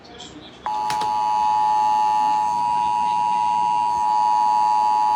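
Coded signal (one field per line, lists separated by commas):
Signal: Emergency Alert System (SAME) tones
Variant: 853 and 960 Hz attention tone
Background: speech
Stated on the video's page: EAS Severe Thunderstorm Warning from the National Weather Service, Sterling, Virginia.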